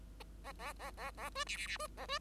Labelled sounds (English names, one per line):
Bengalese Finch song